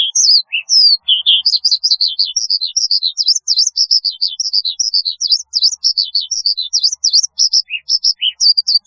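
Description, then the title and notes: Bush lark song, a fast sequence of high slurred notes and chirps, with some lower notes mixed in. "Kicau Burung Branjangan"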